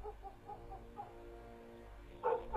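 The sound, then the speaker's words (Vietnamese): A yellow dog, woken by a little boy's crying, yaps in short, fitful bursts: a few faint, high yelps at first, then a couple of louder, sharper barks at the end over a low background hum. “tiếng khóc của thằng bé con làm cho con chó vàng bị đánh thức. Cũng chõ ra ngoài mà sủa nhấm nha nhấm nhẳng.”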